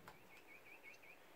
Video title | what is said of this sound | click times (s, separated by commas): tec tip friday # 5 how to clean a motor | we're just gonna pop the motor back into place just like | 0.1 s